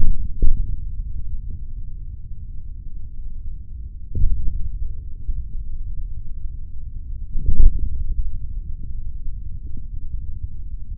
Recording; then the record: forearm muscle sounds (acoustic myography)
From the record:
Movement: hand closing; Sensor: system 3, bracelet of six PUI Audio POM-2738L microphones around the upper forearm, with dedicated amplification and filtering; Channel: 1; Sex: male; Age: 26 years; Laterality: right